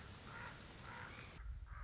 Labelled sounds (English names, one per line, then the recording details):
Common Raven
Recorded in Sonoma County, California